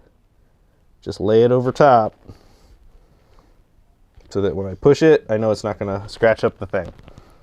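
A replacement acrylic watch crystal is set into a Casio AMW 320R wristwatch case, with a microfiber cloth laid over the top so pressing evenly in the middle won't scratch it. Someone talks, and faint small handling sounds fall between the speech around 2.3 to 4.2 seconds. Nothing has seated or clicked yet by the end of the clip.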